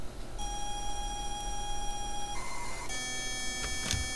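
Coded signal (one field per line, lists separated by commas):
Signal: ZX Spectrum tape loading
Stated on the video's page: Spectrum game loaded from an original 1983 cassette tape on a KS2 Spectrum Next board.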